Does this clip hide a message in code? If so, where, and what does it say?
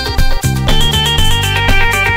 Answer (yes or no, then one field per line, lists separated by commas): no